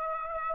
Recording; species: mosquito wingbeat signal from an infrared sensor; Aedes aegypti